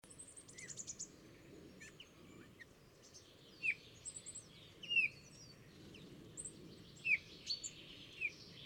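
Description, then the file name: Eurasian bullfinch calls: soft, brief whistled notes spaced a second or more apart, mixed with faint high chirps and steady low background noise. "Pyrrhula pyrrhula"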